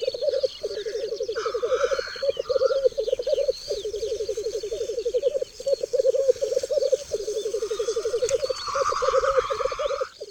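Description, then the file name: Black grouse in a long run of low, rolling bubbling phrases, joined by a couple of wheezy, hissing notes and small birds singing. "Cietrzew"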